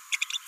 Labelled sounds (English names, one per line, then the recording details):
Green-rumped Parrotlet babbling
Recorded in a nest box in Venezuela
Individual 18B17A3